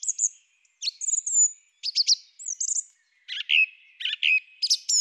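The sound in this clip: Song thrush song with high whistled notes followed by repeated buzzy, chopped phrases, each motif given a few times in succession.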